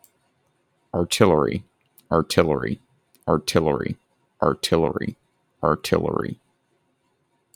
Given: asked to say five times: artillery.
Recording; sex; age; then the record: repeated word; male; 30 to 39 years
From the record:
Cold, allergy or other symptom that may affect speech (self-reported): no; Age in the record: 33 years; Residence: Georgia, United States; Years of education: 16